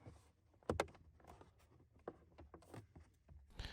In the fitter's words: and then after you slide it over to the right you should be able to just push on that left side and hear it snap in place